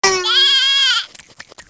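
Sheep bleat: one loud, quavering bleat lasting about a second, followed by faint clicks and rustling.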